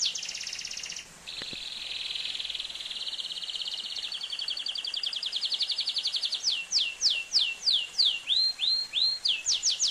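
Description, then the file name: Atlantic canary song: a rapid trill, a brief break, then a long trill that slows into downward sweeping whistles, with a few curved notes and more sweeps near the end. "canto do canario do reino"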